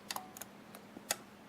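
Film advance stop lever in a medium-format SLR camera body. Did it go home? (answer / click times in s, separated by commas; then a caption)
yes / 1.1 s. Pressure is applied to the film advance stop lever on a Kiev 60 medium-format SLR camera body (Carl Zeiss), because the film does not advance right without this reset. Faint light ticks come at about 0.1, 0.2, 0.4 and 0.8 s, then a sharper small click at 1.1 s. The stop clicks into place and the advance mechanism is reset.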